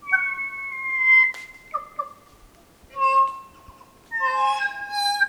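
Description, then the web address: Kokako song: long, mellow organ-like notes, some sliding down, in several phrases, ending in a richer, brighter run of notes. "sound kōkako. دانلود-صدای-پرنده-کوکاکو"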